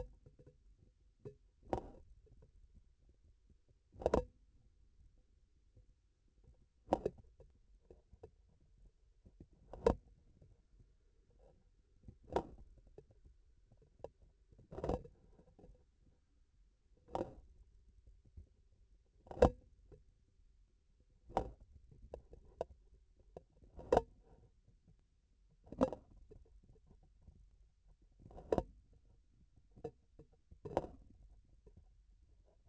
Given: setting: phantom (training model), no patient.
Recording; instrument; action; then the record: laparoscopic instrument, vibration sensor on the handle end; grasping forceps; opening and closing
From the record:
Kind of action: tool actuation without material contact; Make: Olympus